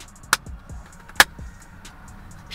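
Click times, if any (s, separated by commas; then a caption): 0.3 s, 1.2 s. An LED dome light housing, one end already inserted, is pushed down into a Toyota Tacoma truck's headliner opening. Two sharp, loud snaps ring out at 0.3 s and 1.2 s over a low background hum, with fainter knocks in between. The housing snaps into place and sits flush.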